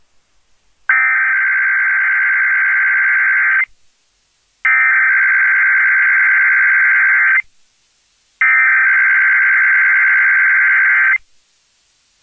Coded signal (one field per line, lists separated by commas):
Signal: Emergency Alert System (SAME) tones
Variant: header bursts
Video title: Sacramento, CA EAS: Required Monthly Test (10/10/23)